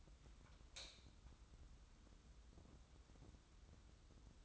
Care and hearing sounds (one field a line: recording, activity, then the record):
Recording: daily activity, microphone in the room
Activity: light on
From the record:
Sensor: 3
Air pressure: 994.5 hPa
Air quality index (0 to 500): 212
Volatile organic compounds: 1000 ppm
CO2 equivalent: 7083 ppm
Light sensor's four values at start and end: 189/455/191/189 and 199/483/203/201